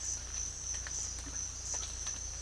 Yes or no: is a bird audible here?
no